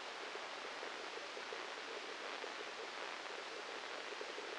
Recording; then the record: brain microelectrode recording played as sound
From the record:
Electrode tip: inside the subthalamic nucleus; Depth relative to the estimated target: -1 mm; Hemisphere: left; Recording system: NeuroSet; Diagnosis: Parkinson's disease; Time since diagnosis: 8 years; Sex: male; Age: 37 years